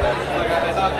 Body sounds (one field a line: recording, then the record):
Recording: background sound without coughing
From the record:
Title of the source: CITY SOUNDS Busy Bar in the Evening Night - 2 HOURS of Ambiance for Relaxation